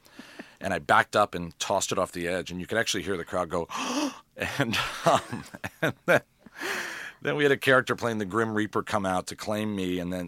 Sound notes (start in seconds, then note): 3.7 gasps; 4.5 laughs